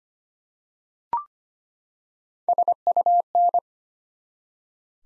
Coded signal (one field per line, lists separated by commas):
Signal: Morse code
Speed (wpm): 25 wpm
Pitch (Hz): 700 Hz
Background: none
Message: SUN